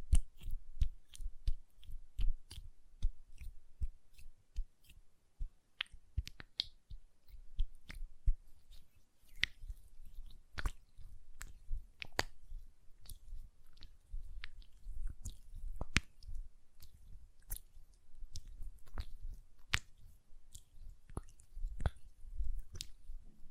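Hand sounds with lotion: soft, wet squishing and rubbing fill the low end while quick, sharp clicks of nail tapping land irregularly throughout, sometimes in fast clusters. The density stays fairly even across the clip, with brief quieter pauses between bursts.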